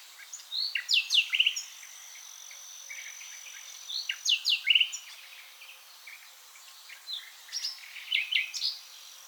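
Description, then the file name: Common nightingale giving spaced phrases of sharp chips, a sustained high whistle and short rolling trills, roughly every three to four seconds, over light background hiss. "Luscinia megarhynchos"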